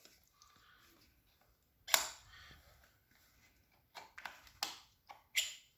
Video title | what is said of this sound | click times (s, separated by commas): Don’t Buy a Rotary Hammer Drill Until You Watch This! (Bosch Demo) | ये आप देख रहे होंगे ये जब तक अपनी जगह पे नहीं जाएगा ये नहीं होगा ये अंदर चला गया और ये लॉक हो गया | 4.6 s